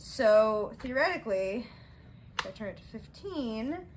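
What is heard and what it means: Someone talks while handling the grip handle weight selector of an adjustable dumbbell, which is set at 20 pounds and about to be rotated to 15 pounds. The plastic and metal selector has not yet clicked into its detent; nothing has seated or clicked yet.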